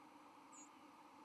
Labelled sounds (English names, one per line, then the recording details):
White-throated Sparrow flight call
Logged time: 07:48 on 31 October 2014